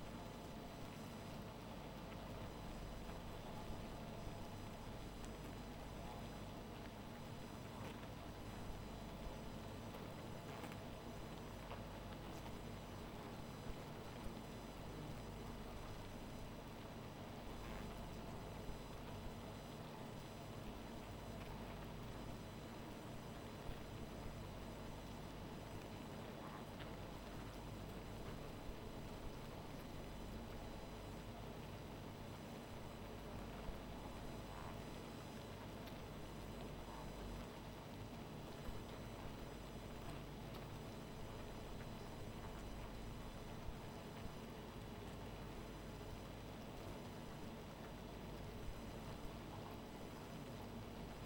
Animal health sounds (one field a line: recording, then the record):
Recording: honeybee colony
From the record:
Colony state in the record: missing queen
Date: 14 July 2017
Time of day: 1:17